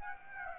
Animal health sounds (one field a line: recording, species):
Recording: mosquito wingbeat signal from an infrared sensor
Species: Aedes aegypti